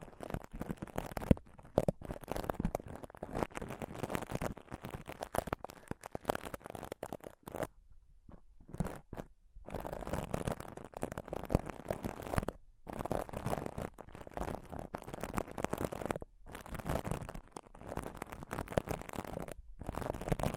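Scratching and touching on a microphone, a dense, rapid stream of rough scraping strokes with a low thumping body. The rubbing runs almost continuously, broken by brief silent gaps near 2, 8–10, 12.5, 16.5 and 19.5 seconds before resuming.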